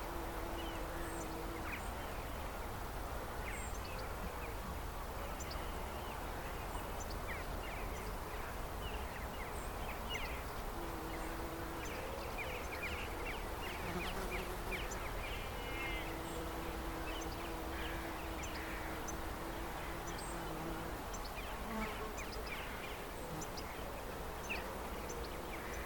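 Birds call and chirp throughout over a steady low rumble, with bright short notes scattered across the whole stretch. A held, droning low tone comes and goes around the middle and later, like a buzzing insect or a distant call, and the level stays even.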